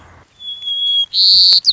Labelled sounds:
White-crowned Sparrow
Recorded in Sonoma County, California

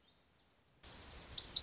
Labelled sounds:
Lazuli Bunting
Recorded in Sonoma County, California

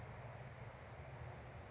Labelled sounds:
Bewick's Wren
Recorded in Sonoma County, California

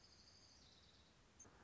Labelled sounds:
Orange-crowned Warbler
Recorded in Sonoma County, California

